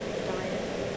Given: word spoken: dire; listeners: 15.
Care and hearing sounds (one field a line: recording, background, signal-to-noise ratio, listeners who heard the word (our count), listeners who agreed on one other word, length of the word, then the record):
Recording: one English word in noise, from a listening test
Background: speech-shaped noise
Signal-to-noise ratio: -5.8 dB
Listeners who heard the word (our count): 2 of 15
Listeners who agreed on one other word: 9 of 15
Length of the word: 0.57 s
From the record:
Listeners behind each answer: 9, 2, 1, 1, 1, 1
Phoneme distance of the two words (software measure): 7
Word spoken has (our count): 2 syllables, 3 phonemes, stress on syllable 1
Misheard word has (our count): 2 syllables, 4 phonemes, stress on syllable 1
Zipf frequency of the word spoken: 3.65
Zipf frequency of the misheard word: 4.26